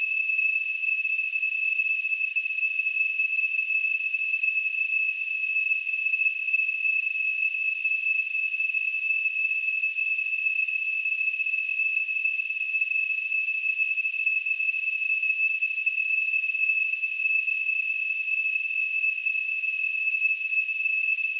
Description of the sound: Tinnitus.